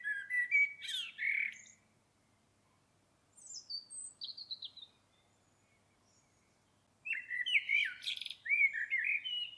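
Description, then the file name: Common blackbird song: a warbled phrase, then a high thin descending twitter, then a long fluty phrase with buzzy, squeaky flourishes. "Turdus merula"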